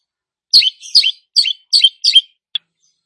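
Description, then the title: Long-tailed shrike song: five quick, scratchy double notes in a row, followed by one short chip. Described as gacor, meaning singing actively. "Cendet Gacor"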